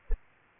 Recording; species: mosquito wingbeat signal from an infrared sensor; Aedes aegypti